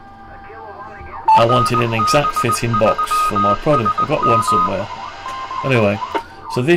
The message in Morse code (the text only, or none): RB3SM